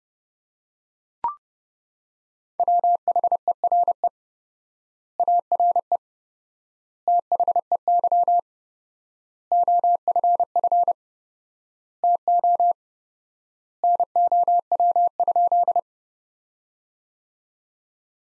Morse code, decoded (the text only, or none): WHERE ARE THEY OFF TO NOW?